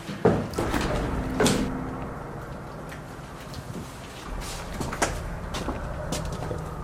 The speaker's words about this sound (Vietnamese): Đóng cửa rồi, đi.